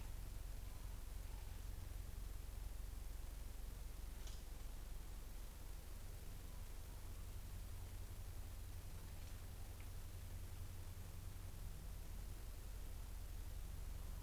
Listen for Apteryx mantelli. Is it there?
no